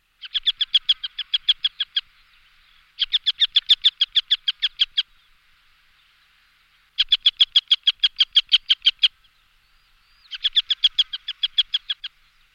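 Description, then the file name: Montagu's harrier chattering calls: rapid runs of sharp, evenly spaced kek notes in bursts of about two seconds, repeated four times with short pauses between. "circus pygargus"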